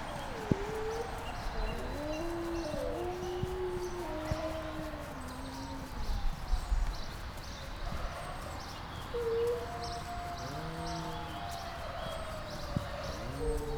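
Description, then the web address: Grey wolf: several grey wolves howling together, long wavering tones at different pitches sliding up and down and overlapping, accompanied by gusty wind. Captive wolf in a zoo, 2010, heard from a distance, with wind. "nyiregyhazizoo 2010 standardt farkas"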